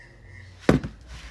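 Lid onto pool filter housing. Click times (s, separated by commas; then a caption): 0.7 s. A plastic pool filter housing lid, lined up with its cut-out, drops into position on the filter housing with a sharp hit at 0.7 s, followed by a softer knock at 0.8 s. The lid is seated, though it still needs pushing down to close the gap.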